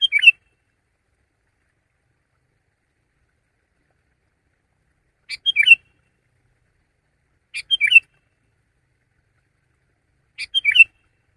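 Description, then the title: Sooty-headed bulbul giving four short warbled phrases of several quick notes, spaced a few seconds apart against silence. "kutilang"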